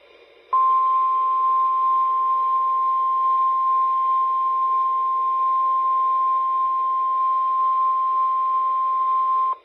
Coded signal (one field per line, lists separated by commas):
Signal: Emergency Alert System (SAME) tones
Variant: 1050 Hz attention tone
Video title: 4/17/24 - “Mehson County” || EAS 1,232